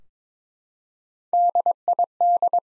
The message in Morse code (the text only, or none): DID